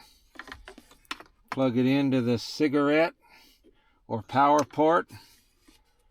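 A harness connector is handled at the cigarette lighter power port of a 2025 Frontier while the auto stop feature is being removed. Light plastic taps and rattles sound in the first second, someone talks, and a brief sharp tap comes at the very end. Nothing has seated or clicked yet.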